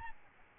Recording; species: mosquito wingbeat signal from an infrared sensor; Aedes albopictus